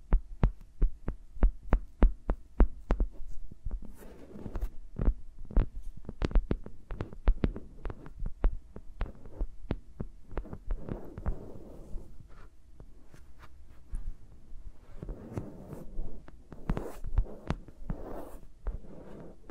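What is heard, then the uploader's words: Fingers move around microphones, opening with a quick, even run of sharp taps for about three seconds. After that the taps come more irregularly, mixed with soft rubbing and brushing stretches, while a low thudding sits under each touch. ASMR with Mics Around My Fingers (No Talking).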